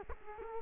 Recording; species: mosquito wingbeat signal from an infrared sensor; Culex quinquefasciatus